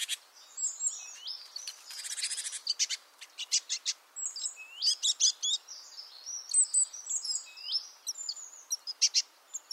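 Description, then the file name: Great tit calls, a busy mix of sharp high clicks, buzzy ticking runs and hooked whistles repeated throughout, over a light background hiss. "Parus major"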